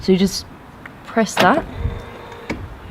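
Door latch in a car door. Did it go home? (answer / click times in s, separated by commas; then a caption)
released / 2.5 s. Someone talks, then presses a small button on a hypercar's door. The door latch inside releases with a short, sharp click at 2.5 s, and the door is unlatched.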